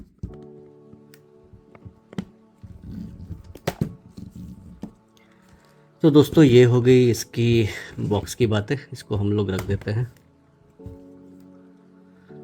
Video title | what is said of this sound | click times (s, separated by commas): Afnan Supremacy Not Only Intense (Hindi Review) - A masterpiece from Afnan | कुछ click की आवाज आएगी आप इसको बंद करेंगे तो | 3.7 s